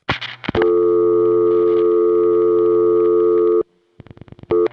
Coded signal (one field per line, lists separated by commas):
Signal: telephone call progress tone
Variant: North America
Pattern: dial tone